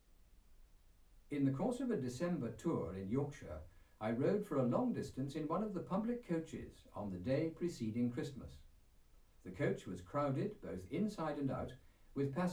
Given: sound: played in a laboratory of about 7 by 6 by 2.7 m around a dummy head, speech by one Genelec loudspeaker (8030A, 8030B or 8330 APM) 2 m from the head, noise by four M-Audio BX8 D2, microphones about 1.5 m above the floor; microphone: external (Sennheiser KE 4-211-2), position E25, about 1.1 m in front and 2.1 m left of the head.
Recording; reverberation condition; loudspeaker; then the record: male speech in English; low; 60 degrees to the right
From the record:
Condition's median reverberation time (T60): about 310 ms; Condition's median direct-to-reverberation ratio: about 3.5 dB